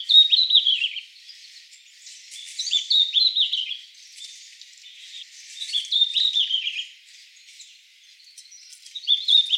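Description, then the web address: Red-flanked bluetail repeating a high, twittering phrase that falls in pitch, about every three seconds, with soft chips in between. Recorded on 11 December 2016. "birdenaga ruribitaki S 161211"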